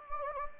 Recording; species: mosquito wingbeat signal from an infrared sensor; Anopheles gambiae